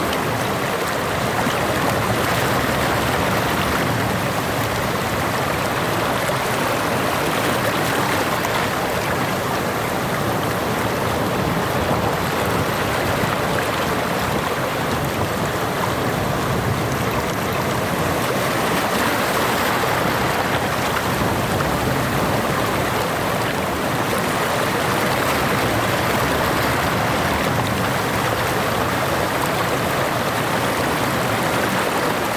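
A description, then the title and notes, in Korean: Soft waves wash in at sunset, heard as a steady, dense rush of water with no clear breaks between swells. The sound stays even in loudness for the whole stretch, a full hiss of foam and spray with a low rumble underneath. 석양의 부드러운 파도. 석양의 생동감 넘치는 색상이 부드러운 파도 위로 춤추며, 리듬감 있게 해안선을 때립니다.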